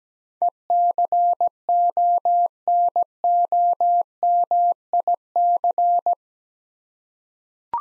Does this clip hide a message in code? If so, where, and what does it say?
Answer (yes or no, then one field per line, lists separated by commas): yes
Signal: Morse code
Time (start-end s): 0.4-6.1 s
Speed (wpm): 17 wpm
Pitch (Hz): 700 Hz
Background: none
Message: ECONOMIC